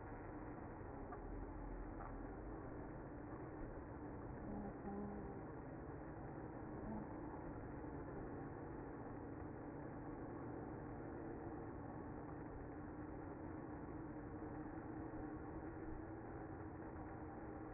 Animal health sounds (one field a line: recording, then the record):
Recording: honeybee colony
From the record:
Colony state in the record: active